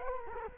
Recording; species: mosquito wingbeat signal from an infrared sensor; Culex quinquefasciatus